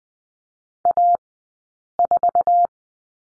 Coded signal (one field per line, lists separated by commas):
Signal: Morse code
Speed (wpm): 20 wpm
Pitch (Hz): 700 Hz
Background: none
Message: A4